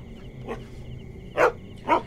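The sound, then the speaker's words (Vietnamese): A dog sitting on a gate pillar barks in single, separated woofs: a softer one, then two louder sharp barks spaced about half a second apart, over a quiet background hum. “Nó sủa từng tiếng một rồi bỗng nhiên nằm tập xuống”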